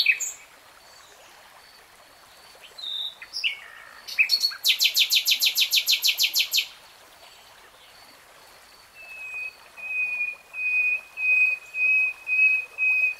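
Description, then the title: Nightingale song: a fast, buzzy rattle of evenly repeated notes, then a slow series of long, plaintive whistles. Nightingale singing, recorded in real time. "[Tiếng chim hót] 3 Hours REALTIME Nightingale Singing"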